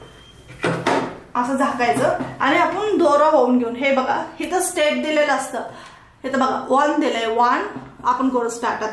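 On a Usha Janome Wonder Stitch electric sewing machine, the bobbin cover is put back onto the machine bed after the bobbin has been seated. A single short hit at 0.9 s marks the cover shutting into place, and someone talks through the rest of the clip.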